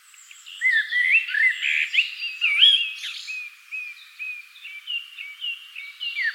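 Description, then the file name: Common blackbird song, a run of fluid whistled notes near the same pitch with squeaky twittering phrases overlaid, continuing through the whole stretch. "Turdus merula"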